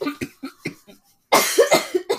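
A run of about five short, dry coughs fades away, then after a brief pause a louder, harsher cluster of voiced coughing bursts follows. These are repeated coughs from a sick adult who had taken cough medicine beforehand.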